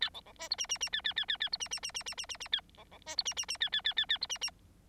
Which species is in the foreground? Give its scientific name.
Lonchura striata domestica